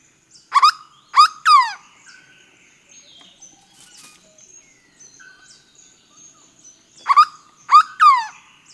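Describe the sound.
Bird giving short groups of harsh, rasping calls at the start and again near the end, with faint high chirps between.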